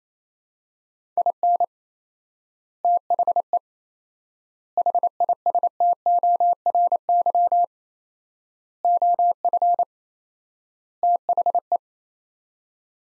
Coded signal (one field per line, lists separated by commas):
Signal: Morse code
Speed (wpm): 28 wpm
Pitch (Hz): 700 Hz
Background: none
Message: IN THE HISTORY OF THE